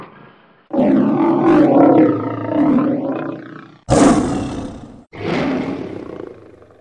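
Lion giving three long, throaty roars, the first drawn out and wavering, followed by two shorter, heavy bursts with breathy edges.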